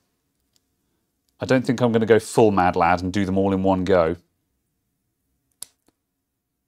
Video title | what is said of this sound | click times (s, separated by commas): Pine64 Pinecil, PinePower Desktop, kit-build - LFC#257 | they do click in with a very satisfying click | 5.6 s